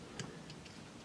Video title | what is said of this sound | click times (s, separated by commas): The Iron Giant by Sentinel Robot review | the lower teeth and then just attach this to the top just pops right in | 0.2 s